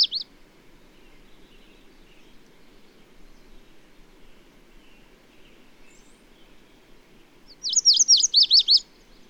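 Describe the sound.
Bird song: the tail of a high phrase at the start, then one fast phrase of several high, sharply rising and falling notes near the end, over a faint low hum.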